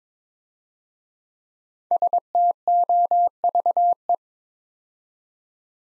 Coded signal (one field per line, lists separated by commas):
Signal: Morse code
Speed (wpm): 22 wpm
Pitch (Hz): 700 Hz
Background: none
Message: STOVE